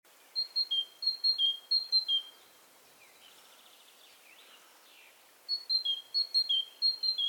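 Great tit: clear, high two-note phrases, each a higher note dropping to a lower one, in a quick repeated series. A pause with faint buzzy notes follows, then the series resumes.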